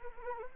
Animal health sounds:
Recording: mosquito wingbeat signal from an infrared sensor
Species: Anopheles arabiensis

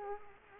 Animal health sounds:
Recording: mosquito wingbeat signal from an infrared sensor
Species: Culex quinquefasciatus

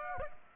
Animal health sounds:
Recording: mosquito wingbeat signal from an infrared sensor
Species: Aedes aegypti

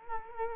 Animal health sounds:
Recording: mosquito wingbeat signal from an infrared sensor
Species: Culex quinquefasciatus

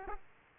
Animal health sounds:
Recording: mosquito wingbeat signal from an infrared sensor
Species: Aedes aegypti

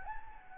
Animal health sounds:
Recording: mosquito wingbeat signal from an infrared sensor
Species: Anopheles gambiae

